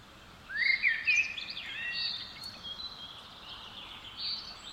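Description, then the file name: Common blackbird song: a warbled phrase early on, then softer scratchy high notes fading out. "Turdus merula"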